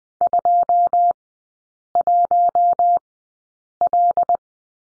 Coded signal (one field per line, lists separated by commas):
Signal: Morse code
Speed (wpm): 20 wpm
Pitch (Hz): 700 Hz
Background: none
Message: 21L